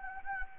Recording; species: mosquito wingbeat signal from an infrared sensor; Anopheles gambiae